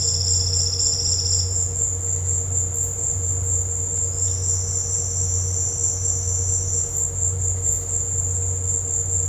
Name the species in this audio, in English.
none